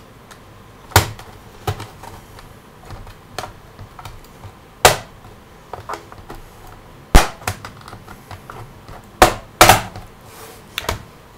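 The plastic bottom case of a Toshiba Satellite Pro R50-B laptop is pried apart, and its plastic snap clips release one after another with sharp cracking snaps at about 1.0, 4.9, 9.2 and 9.6 seconds, with fainter ticks and taps in between. The case clips come free and the case is released.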